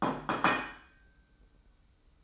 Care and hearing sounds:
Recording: daily activity, microphone in the room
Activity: place plate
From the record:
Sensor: 1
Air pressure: 990.9 hPa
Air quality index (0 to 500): 131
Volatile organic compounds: 403 ppm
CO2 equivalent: 4677 ppm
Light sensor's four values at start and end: 22/52/22/24 and 22/52/22/24

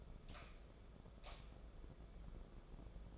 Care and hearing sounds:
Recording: daily activity, microphone in the room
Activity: light on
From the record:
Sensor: 5

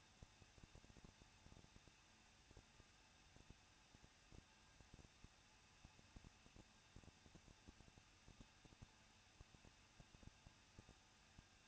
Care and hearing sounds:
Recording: daily activity, microphone in the room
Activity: no activity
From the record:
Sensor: 2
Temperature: 21.0 degrees Celsius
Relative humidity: 37.3%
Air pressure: 1006.3 hPa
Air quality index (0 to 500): 221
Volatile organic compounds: 23 ppm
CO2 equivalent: 2792 ppm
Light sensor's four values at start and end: 2/3/2/2 and 2/3/2/2

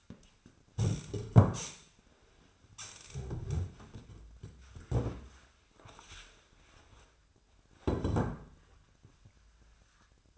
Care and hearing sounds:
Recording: daily activity, microphone in the room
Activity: stand up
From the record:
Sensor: 2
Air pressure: 1007.8 hPa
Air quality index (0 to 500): 179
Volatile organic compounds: 9 ppm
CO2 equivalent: 2197 ppm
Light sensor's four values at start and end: 10/23/10/10 and 10/23/10/10

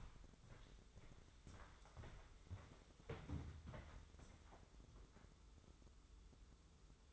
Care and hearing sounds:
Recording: daily activity, microphone in the room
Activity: walk to room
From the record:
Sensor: 3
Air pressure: 995.7 hPa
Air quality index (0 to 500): 85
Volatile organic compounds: 8 ppm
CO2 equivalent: 2082 ppm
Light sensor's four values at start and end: 27/83/35/30 and 27/82/34/30

